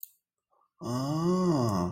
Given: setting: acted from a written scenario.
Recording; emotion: vocal sound without words; interest